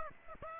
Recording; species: mosquito wingbeat signal from an infrared sensor; Aedes aegypti